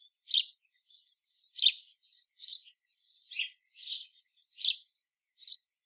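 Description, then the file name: House sparrow uttering repeated sharp cheeps, spaced irregularly, with faint chatter in the gaps. "Passer domesticus"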